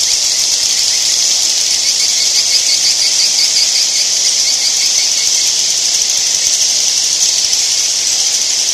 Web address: edible-nest swiftlet